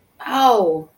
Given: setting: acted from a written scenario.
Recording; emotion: vocal sound without words; pain